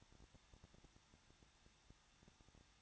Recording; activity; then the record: daily activity, microphone in the room; no activity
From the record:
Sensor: 3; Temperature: 21.2 degrees Celsius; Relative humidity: 36.3%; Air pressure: 1006.3 hPa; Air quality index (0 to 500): 222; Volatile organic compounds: 41 ppm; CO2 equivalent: 3161 ppm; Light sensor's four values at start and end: 2/3/2/2 and 2/3/2/2